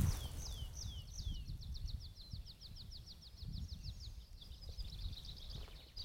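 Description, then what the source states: Eurasian Skylark song: a faint run of rapid, repeated high notes running into warbling, over low rumbling background noise. Heard on the Veluwe, the Netherlands, while searching for a wryneck; the sound heard turned out to be part of a skylark's song.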